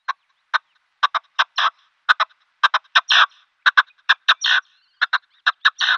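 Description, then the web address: Red-legged partridge giving harsh, chuffing display calls in grouped bursts, several quick clipped notes followed by a longer grating chuck, repeated steadily. Male, giving a display call. "Schulze Peter Red-legged Partridge male display"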